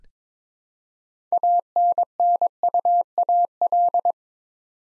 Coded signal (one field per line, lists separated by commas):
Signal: Morse code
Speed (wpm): 22 wpm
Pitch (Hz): 700 Hz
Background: none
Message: ANNUAL